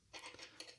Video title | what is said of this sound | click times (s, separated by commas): Pushing a PowerBook 2400c WAY TOO FAR | worst logo ever and i like how it just snaps into place there with clips instead of screws | 0.6 s